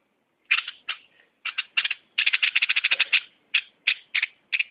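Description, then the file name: Bulbul calling with loud buzzy notes, first spaced, then a fast rattling series, then single harsh notes again. "merbah lekir"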